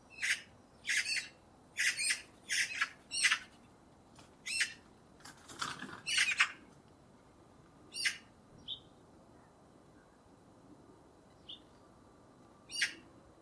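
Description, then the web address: Eurasian magpie chattering: a rapid run of harsh, rattling squawks early on, then scattered single rasping notes, with a faint thin high note between them. "birddata Deverinetal 2025"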